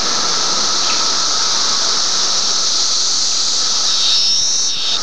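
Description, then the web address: Cicadas droning in a loud, continuous high buzzing chorus, steady throughout with slight shifts in tone near the end. Recorded May 31, 2004. "fleur cicadas"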